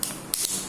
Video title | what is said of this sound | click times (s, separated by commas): 22 May 2025 | click பண்ணிக்கோங்க, sound வரும். | 0.0 s, 0.3 s